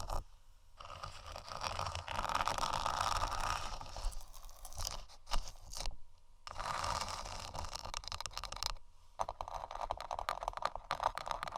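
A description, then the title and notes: Scratching and tapping on placemats, dense rapid scraping bursts with brief pauses near 1, 6 and 9 seconds, plus quick ratchet-like clicks. ASMR Scratching & Tapping 2 Magic Placemats（No Talking）.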